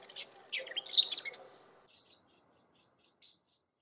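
House martin giving scratchy chirrups, then a steady series of short, high clicking notes about every quarter second.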